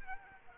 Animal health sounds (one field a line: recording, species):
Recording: mosquito wingbeat signal from an infrared sensor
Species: Aedes aegypti